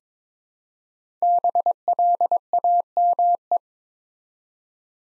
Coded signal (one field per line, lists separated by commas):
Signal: Morse code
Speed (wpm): 22 wpm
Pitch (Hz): 700 Hz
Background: none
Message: BLAME